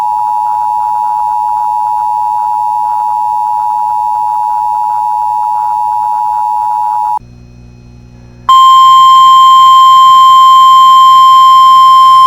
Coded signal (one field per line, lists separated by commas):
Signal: Emergency Alert System (SAME) tones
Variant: 853 and 960 Hz attention tone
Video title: [EAS Compilation] 2024 Minnesota Statewide Tornado Drill (Evening Drill)